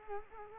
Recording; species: mosquito wingbeat signal from an infrared sensor; Culex quinquefasciatus